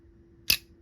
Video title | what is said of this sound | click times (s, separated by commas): Dyeing Stag with Cola, and my new Valley Forge Stag slip joint knife | Ooh, that snap closed real nice. | 0.5 s